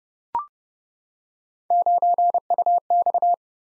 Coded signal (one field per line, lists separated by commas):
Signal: Morse code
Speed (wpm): 29 wpm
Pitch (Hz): 700 Hz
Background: none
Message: 9UX